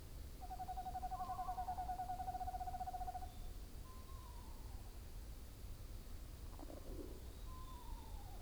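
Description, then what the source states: Screech owls calling: a long even trill of about three seconds, with a few short descending whinnies during and after it, against a quiet hissing background. Several screech owls calling together.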